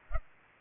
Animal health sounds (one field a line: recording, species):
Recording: mosquito wingbeat signal from an infrared sensor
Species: Culex pipiens